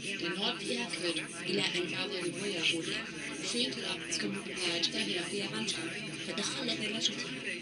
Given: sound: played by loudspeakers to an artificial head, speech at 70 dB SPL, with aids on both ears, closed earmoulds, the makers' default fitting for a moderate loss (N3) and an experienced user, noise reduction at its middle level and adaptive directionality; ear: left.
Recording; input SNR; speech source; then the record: speech test signal (ISTS) in cocktail-party noise; 0 dB; on the right (90 degrees)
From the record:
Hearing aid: class 2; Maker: B